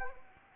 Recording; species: mosquito wingbeat signal from an infrared sensor; Anopheles gambiae